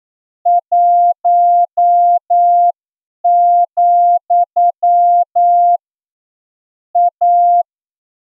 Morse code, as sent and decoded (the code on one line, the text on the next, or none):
.---- --..-- / .-
1, A